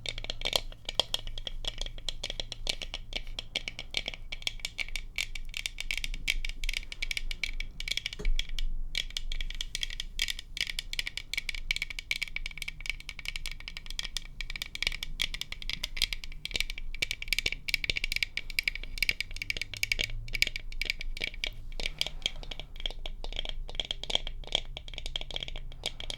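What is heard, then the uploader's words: Rapid tapping runs without pause through the whole recording, dense and rattling, a fast irregular clatter of small sharp hits. The clicks are bright and crisp, with a low hum underneath and a few brief pitch shifts near the end. Tapping.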